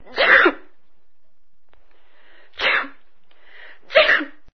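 Three sharp sneezes come in about four and a half seconds. Before the second and third there is a faint breathy intake. Each burst is loud and explosive, then quiet returns. A run of ordinary sneezes from an adult.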